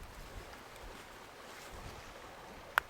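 A rubber catapult band, wrapped three times around a wooden catapult fork and passed through its own loop, is pulled hard until the wrap cinches tight onto the fork. Over a steady, faint, broadband background hiss, a single sharp click rings out at 2.8 s. The band is seated tight on the fork.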